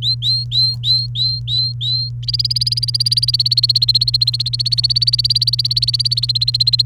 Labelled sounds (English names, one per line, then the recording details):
Domestic Canary song
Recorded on 30 April 2018 at 08:32
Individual llb3